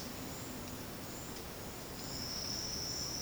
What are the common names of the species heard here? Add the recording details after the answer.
none. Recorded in secondary vegetation near Puerto Asís, Putumayo, Colombia, on 19 February 2024 at 10:00. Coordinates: 0.472, -76.331. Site G6371